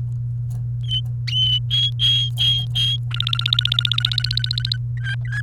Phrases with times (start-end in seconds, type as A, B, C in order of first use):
1.71-2.96 A, 3.11-4.76 B, 4.97-5.41 C